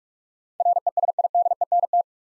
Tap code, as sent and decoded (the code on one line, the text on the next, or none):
none